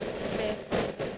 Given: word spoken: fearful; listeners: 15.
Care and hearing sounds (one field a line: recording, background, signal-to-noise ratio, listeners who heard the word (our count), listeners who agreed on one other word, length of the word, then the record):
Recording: one English word in noise, from a listening test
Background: noise modulated by three-talker babble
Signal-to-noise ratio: -5.6 dB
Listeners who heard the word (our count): 1 of 15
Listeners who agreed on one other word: 7 of 15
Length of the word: 0.78 s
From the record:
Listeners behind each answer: 7, 1, 1, 1, 1, 1, 1, 1, 1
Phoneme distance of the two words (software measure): 27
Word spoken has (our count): 2 syllables, 5 phonemes, stress on syllable 1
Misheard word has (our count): 1 syllable, 4 phonemes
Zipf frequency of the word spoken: 3.51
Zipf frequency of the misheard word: 4.31